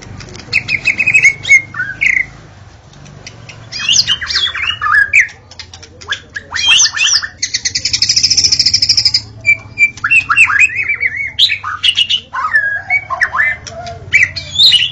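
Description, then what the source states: White-rumped shama singing a varied medley: whistled phrases, buzzy trills and a long rattling burst mid-sequence, separated by brief pauses. Wild bird recorded in forest; natural song.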